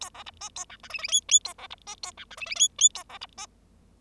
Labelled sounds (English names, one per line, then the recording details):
Bengalese Finch song
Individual Bird0